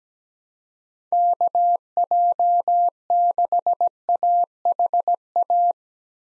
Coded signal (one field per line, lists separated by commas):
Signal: Morse code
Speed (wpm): 17 wpm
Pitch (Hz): 700 Hz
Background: none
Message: KJ6AHA